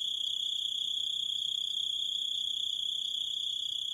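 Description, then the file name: Grasshopper trill: a steady, unbroken high-pitched ringing tone that holds at the same pitch and loudness throughout, with no other sounds. "zvuki kuznechika"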